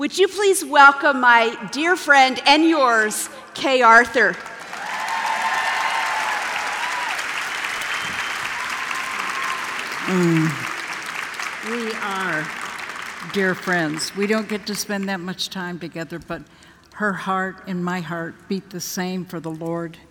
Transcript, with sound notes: Would you please welcome my dear friend—and yours—Kay Arthur! (applause)
We are dear friends. We don’t get to spend that much time together, but her heart and my heart beat the same for the Lord!